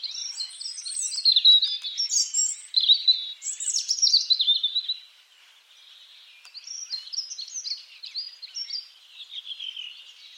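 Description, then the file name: European robin song, high tinkling and trilled phrases in bursts, with a quieter, softer warble after a brief lull midway. "Erithacus rubecula"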